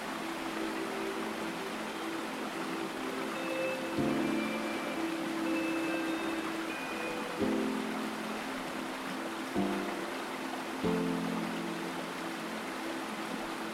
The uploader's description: calming sounds of water and tranquil tunes